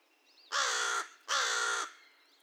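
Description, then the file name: American crow uttering two grating caws close together, each about half a second long. Recorded 2 May 2020. "2020-05-02 American Crow cawcawsandonecaw"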